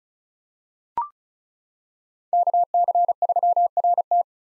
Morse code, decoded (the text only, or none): KC3RT